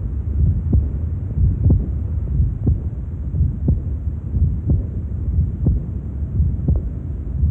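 Regular heartbeat near 60 a minute over a low hum, with an aortic regurgitation murmur heard at the third intercostal space in an adult.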